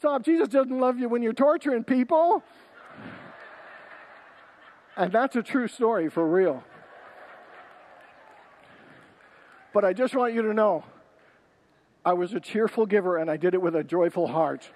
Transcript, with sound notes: Jesus doesn’t love you when you’re torturing people.” [Congregants laugh] And that’s a true story, for real. [Congregants laugh] But I just want you to know: I was a cheerful giver and I did it with a joyful heart.